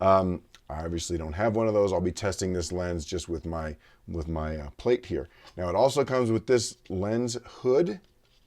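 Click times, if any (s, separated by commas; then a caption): none. Someone talks while handling a plastic bayonet lens hood for the front of a Nikon Z 180-600mm f/5.6-6.3 telephoto zoom lens; the hood twists on until it locks and has a release latch. In this clip nothing has seated or clicked yet, and the hood is not yet home.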